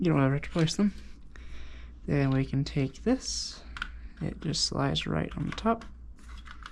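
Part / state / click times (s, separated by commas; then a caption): plastic cover onto climate control panel housing / not seated / none. A plastic cover is slid over the top of the climate control circuit board on a 1998-2007 Chevrolet Silverado climate control panel housing during a light replacement and LED upgrade. Someone talks over light handling taps and small clicks of plastic. The cover has not snapped into place yet; nothing has seated or clicked home by the end.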